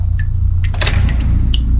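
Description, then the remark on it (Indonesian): A bathroom stall door, one of several being opened one by one, is pulled open: a sharp latch click, then a brief rattling clatter of the door swinging, followed by a couple of lighter clicks over a steady low hum. “Aku coba cari sumber suara itu sambil membuka satu persatu pintu bilik kamar mandi itu.”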